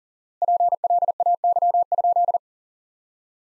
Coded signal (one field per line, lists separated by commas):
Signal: Morse code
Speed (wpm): 40 wpm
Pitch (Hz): 700 Hz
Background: none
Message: PLAY?